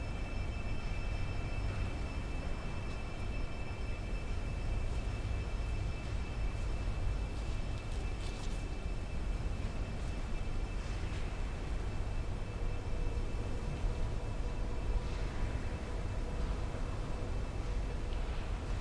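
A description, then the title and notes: A field recording from Saint Petersburg: a steady, dense low rumble of traffic or train, with faint tonal whines and brief scrapes throughout. Winter in Saint Petersburg presents a sound art work with field recordings collected in Saint Petersburg.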